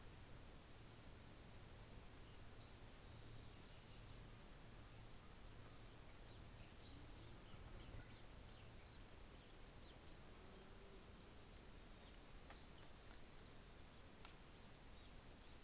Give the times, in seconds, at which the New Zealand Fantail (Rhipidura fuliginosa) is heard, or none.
0.00-2.87, 6.51-12.90